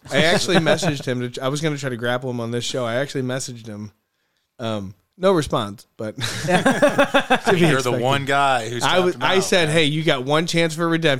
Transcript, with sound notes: I actually messaged him. I was gonna try to grapple him on this show. I actually messaged him. No response, but. (laughing) You hear the one guy who's stuck on the show. I said, hey, you got one chance for redemption.